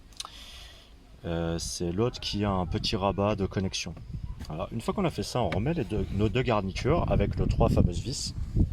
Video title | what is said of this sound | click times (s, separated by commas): Résoudre probleme airbag sur Mitsubishi L200 piece 8619A016 | Assurez-vous bien qu'elles soient bien enfichées sans les forcer et pour refermer le clip de la jaune, la fiche jaune. | 0.2 s